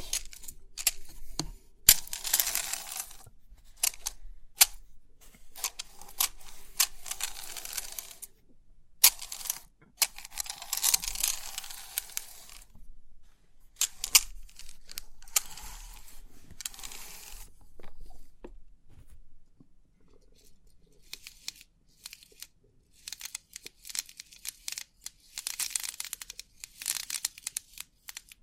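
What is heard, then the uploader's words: A pin art toy is pressed and brushed, giving crisp, bright rattling of many small pins in bursts of a second or two, with sharp clicks between. The sound stops and starts irregularly, thinning after about twenty seconds into lighter, sparser taps and a few clustered clicks. Crisp 3D Pin Art Tingles(No Talking).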